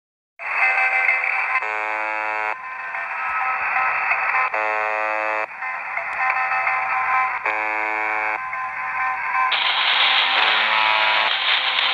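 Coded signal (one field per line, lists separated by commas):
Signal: channel marker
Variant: UVB-76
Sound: three harsh one-second buzzes about three seconds apart, under loud wideband interference hiss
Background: radio interference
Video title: UVB 76 - 4625 khz - com interferência de rádio pirata - Rússia #ghost #shortwave #ondacorta #sdr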